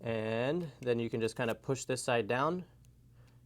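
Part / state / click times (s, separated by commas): bobbin case spring into sewing machine bobbin case / seated / 2.9 s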